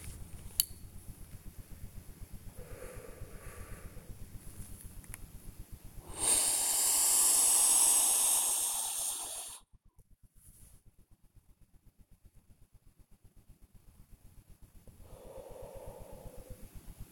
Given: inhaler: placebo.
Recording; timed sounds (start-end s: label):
one use of a dry powder inhaler by a smartwatch
0.14-0.98 s: inhaler activation
2.47-4.24 s: exhalation
5.94-9.66 s: inhalation
14.78-16.85 s: exhalation